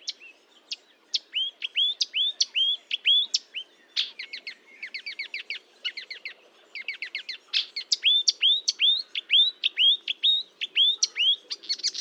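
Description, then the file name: Marsh warbler song, a fast run of upslurred notes and dry chattering bursts, phrases changing every second or so. Recorded at Fontaine-Française (Fourneau), 1 June 2022 at 10:55, with a Nagra recorder and Telinga microphone. "Rousserolle verderolle 20220601 1055 Fontaine-Francaise-Fourneau-Nagra-Telinga"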